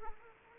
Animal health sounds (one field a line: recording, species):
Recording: mosquito wingbeat signal from an infrared sensor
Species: Anopheles arabiensis